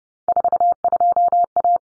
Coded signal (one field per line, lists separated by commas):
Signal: Morse code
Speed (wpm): 30 wpm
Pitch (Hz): 700 Hz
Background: none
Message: 42A